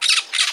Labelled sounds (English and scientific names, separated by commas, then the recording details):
Brown-throated Parakeet (Eupsittula pertinax) contact call
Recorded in Margarita
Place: San Francisco, near stadium
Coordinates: 11.018, -64.294